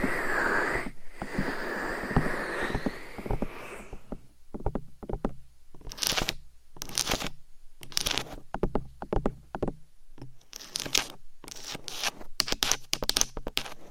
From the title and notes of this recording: Binaural Mic Scratching , Massage & Tapping. No Talking for Sleep with Long Nails.